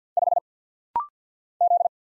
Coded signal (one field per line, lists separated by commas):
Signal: Morse code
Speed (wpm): 50 wpm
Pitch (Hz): 700 Hz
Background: none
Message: 5 Z